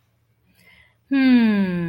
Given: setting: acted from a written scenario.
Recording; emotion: vocal sound without words; contentment